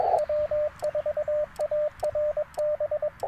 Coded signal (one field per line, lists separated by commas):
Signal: Morse code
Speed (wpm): 22 wpm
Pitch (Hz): 600 Hz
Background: radio noise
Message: W4ARB